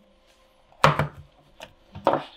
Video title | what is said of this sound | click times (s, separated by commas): HOW TO REBUILD 18V DEWALT NICD/NIMH BATTERY | and just push it in and there you go you'll hear it snap | 0.8 s